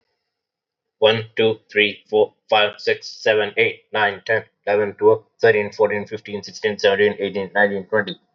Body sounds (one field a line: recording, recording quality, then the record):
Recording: counting at a fast pace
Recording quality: excellent, no background noise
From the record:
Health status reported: healthy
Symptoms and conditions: none ticked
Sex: male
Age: 26 years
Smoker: not ticked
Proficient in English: yes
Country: India